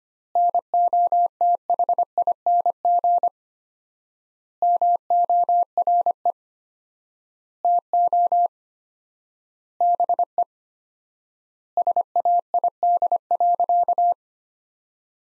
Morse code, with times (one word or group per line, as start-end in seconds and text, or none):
0.4-3.3 NOTHING
4.6-6.3 MORE
7.6-8.5 TO
9.8-10.4 BE
11.8-14.1 SAID.